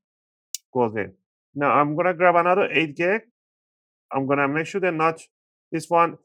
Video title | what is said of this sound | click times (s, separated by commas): How to Upgrade RAM on MSI Thin 15 B12UCX - Faster Multitasking & Better Performance | And then make a soft click sound. All right. See? Thumbs up. | 0.6 s